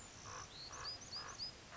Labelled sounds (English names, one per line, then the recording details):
Common Raven
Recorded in Sonoma County, California